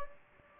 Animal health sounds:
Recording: mosquito wingbeat signal from an infrared sensor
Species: Anopheles gambiae

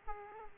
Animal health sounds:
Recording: mosquito wingbeat signal from an infrared sensor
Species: Aedes aegypti

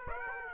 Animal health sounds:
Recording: mosquito wingbeat signal from an infrared sensor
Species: Aedes aegypti

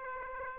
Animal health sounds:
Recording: mosquito wingbeat signal from an infrared sensor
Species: Aedes aegypti

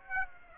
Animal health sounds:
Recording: mosquito wingbeat signal from an infrared sensor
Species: Aedes aegypti

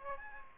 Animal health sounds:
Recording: mosquito wingbeat signal from an infrared sensor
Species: Aedes aegypti

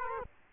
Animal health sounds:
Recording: mosquito wingbeat signal from an infrared sensor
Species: Culex quinquefasciatus

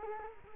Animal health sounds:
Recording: mosquito wingbeat signal from an infrared sensor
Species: Culex quinquefasciatus

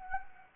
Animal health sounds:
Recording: mosquito wingbeat signal from an infrared sensor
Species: Anopheles gambiae

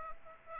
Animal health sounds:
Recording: mosquito wingbeat signal from an infrared sensor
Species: Aedes aegypti

